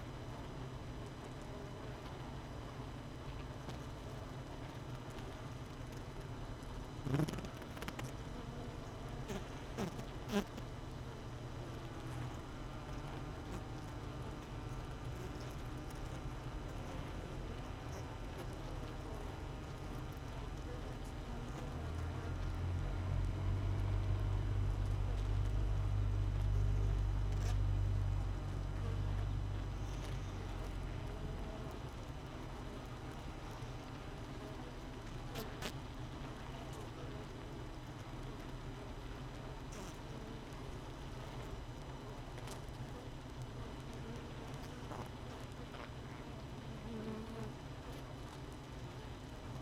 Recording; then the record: honeybee colony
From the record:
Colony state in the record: missing queen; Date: 31 May 2018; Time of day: 7:13